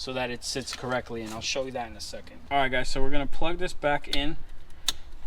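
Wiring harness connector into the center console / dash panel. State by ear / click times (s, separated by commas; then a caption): seated / 4.9 s. Someone talks while plugging a wiring harness connector back into the center console/dash panel of a 1999–2003 Acura TL during a Boss double-DIN stereo receiver install. A single sharp tick at 4.9 s marks the connector clicking into place, seated.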